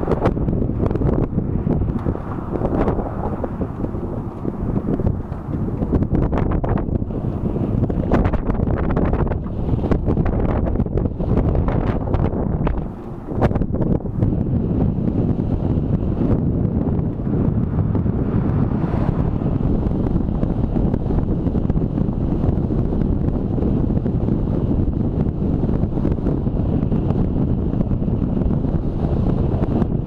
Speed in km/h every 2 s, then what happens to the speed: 18, 20, 20, 21, 22, 22, 23, 24, 25, 26, 26, 26, 26, 25, 25.
0-30 steady at about 24.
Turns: none.